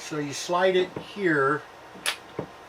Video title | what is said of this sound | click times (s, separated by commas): Gamo Arrow .22; I take the dip into the pcp airgun waters | oops it didn't catch this thing goes back like that | none